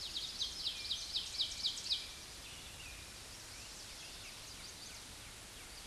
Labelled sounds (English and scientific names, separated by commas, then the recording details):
Ovenbird (Seiurus aurocapilla) song
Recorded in a Pennsylvania forest on 16 May 2024 at 07:33
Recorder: AudioMoth, point MSD-1307
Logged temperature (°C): 16.6 °C
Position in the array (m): 212 m, 130 m